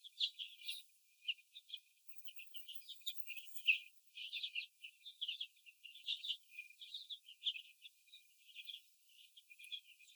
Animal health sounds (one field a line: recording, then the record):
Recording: young laying hens in a cage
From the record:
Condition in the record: before the stressor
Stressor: sudden umbrella opening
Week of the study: 2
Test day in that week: 1